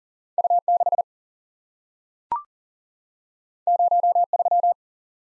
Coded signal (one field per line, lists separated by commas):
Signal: Morse code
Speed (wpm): 40 wpm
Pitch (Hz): 700 Hz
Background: none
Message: U6 03